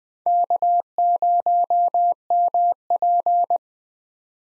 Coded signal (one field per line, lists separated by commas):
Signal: Morse code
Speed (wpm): 20 wpm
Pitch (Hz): 700 Hz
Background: none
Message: K0MP